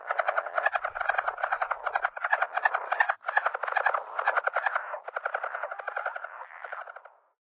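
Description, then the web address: Lowland leopard frog calls: fast pulsed rattles and chuckling trills running almost continuously for about seven seconds before stopping. "Songs of Frogs Toads of North America. Lowland Leopard Frog"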